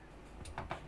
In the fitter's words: an audible click there and as you can see like his waist is working